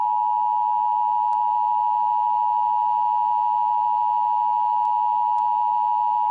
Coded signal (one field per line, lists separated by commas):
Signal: Emergency Alert System (SAME) tones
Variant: 853 and 960 Hz attention tone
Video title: EAS scenario - Green Sun REMASTERED